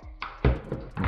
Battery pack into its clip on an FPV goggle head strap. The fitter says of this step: pas très dur à clipser melsat sa tendance un peu à bouger il